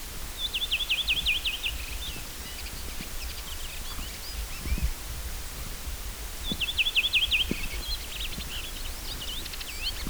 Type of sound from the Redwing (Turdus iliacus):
song